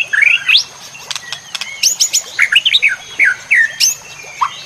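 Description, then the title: White-rumped shama song, a quick jumble of sweeping whistles, slurred upward notes and sharp ticks in short bursts, over a faint constant high tone. Masteran song used to tutor other birds. "MURAI BATU LABAIK"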